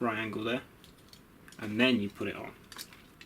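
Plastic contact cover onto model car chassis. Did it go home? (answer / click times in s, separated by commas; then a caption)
no / none. After the gold contact tabs are bent so they touch the positive and negative on the motor, the plastic contact cover is brought to the chassis of a Tamiya Lunchbox Jr 1/32 Mini 4WD model car. Someone talks while faint, light handling ticks and taps are heard. The part has not seated or clicked into place yet.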